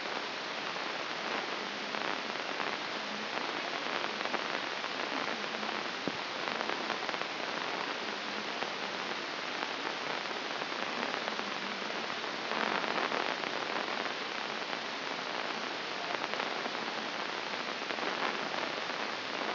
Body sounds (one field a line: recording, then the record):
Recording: brain microelectrode recording played as sound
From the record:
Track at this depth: inside the subthalamic nucleus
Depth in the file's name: 2.433 mm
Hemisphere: left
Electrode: 2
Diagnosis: Parkinson's disease